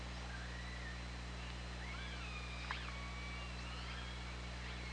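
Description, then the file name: Killer whale calls recorded underwater, several rising and falling whistled tones and a sharp pulsed call near the middle, over steady low engine-like hum. Recorded on the OrcaLab hydrophone, 24 August 2017 at 20:31. "Orca Lab 20170824 203142"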